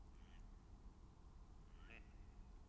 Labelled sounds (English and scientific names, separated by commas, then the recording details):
Mallard (Anas platyrhynchos)
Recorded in Germany
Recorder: ecoPi